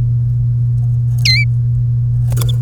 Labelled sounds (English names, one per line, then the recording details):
Domestic Canary song
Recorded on 3 May 2018 at 14:08
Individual llb3